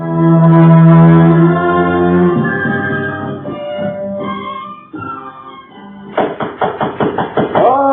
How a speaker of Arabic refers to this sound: من يطرق الباب في هذا الوقت المبكر؟